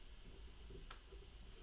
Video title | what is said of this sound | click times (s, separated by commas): How to Install and Uninstall Popo Pro Props | there you just turn it back and forth just a little bit and it locks in place | 0.9 s